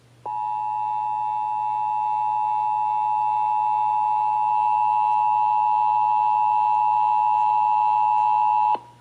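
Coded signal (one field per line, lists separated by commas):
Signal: Emergency Alert System (SAME) tones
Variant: 853 and 960 Hz attention tone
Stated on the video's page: Texas required monthly test EAS tones heard on multiple radio and TV stations including WBAP AM and FM.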